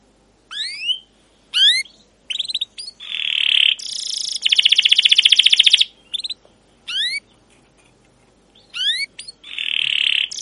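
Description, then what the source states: Canary song in separate bursts: quick rising chirps, buzzy sustained trills and a fast rattling roll, broken by short silences. Canary song with long continuous singing, cuit cuit calls and ngerol rolling trills, used as a pancingan lure to train other canaries.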